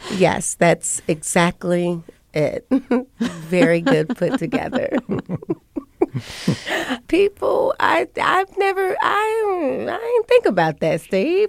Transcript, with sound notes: Yes, that's exactly it. Very good put together. [SOUNDBITE OF LAUGHTER] People, I've never - I don't - I ain't think about that, Steve.